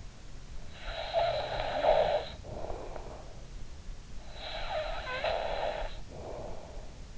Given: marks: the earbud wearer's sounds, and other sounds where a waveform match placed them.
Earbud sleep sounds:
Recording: sounds in sleep by an in-ear microphone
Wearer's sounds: snoring breath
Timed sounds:
0.71-3.32 s: snoring breath
4.22-7.00 s: snoring breath

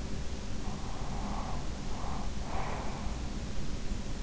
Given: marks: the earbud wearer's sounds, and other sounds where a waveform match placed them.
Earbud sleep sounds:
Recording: sounds in sleep by an in-ear microphone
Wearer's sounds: breath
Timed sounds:
0.95-3.17 s: breath

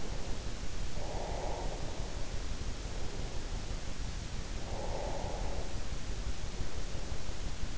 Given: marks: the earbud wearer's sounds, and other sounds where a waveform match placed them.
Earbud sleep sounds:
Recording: sounds in sleep by an in-ear microphone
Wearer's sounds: breath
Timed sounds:
0.80-2.13 s: breath
4.65-5.97 s: breath

